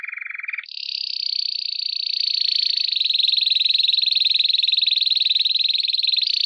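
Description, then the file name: Canary giving a brief low rattling trill before switching to a long, high, rapidly pulsed roll that swells gradually louder and continues steadily. "Canary Voice"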